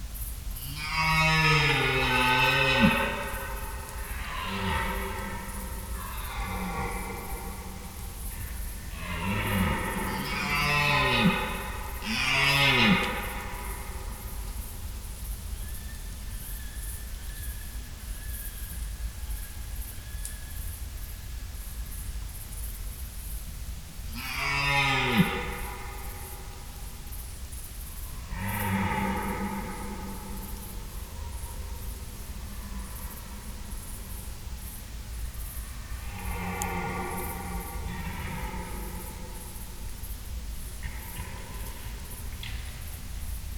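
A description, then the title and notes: Red deer stags roar during the rut in deep, groaning bellows with rising and falling pitch. Calls come in bursts, several close together in the first thirteen seconds, then again near 25, 29 and 37 seconds. A steady low rumble and faint hiss fill the gaps. Stags on the Rut. An extract from an overnight recording of red deer stags calling during the rut. Recorded in Schönbuch, near Tübingen, DE, in September 2023.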